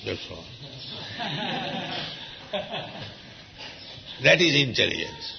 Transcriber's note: laughter